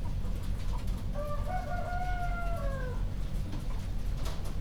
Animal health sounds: poultry house recording; healthy chickens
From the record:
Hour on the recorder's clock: 1

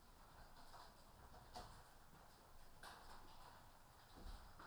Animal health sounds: poultry house recording; healthy chickens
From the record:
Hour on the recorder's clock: 13

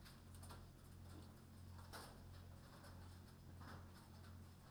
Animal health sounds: poultry house recording; no chicken sound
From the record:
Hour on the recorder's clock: 21

